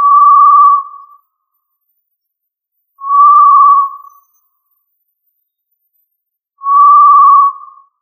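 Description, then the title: Tinamou whistled call: three steady, pure, level whistles, each about a second long, repeated every three to four seconds with silence between. "Familia Tinamidae - Quail - Puyuh"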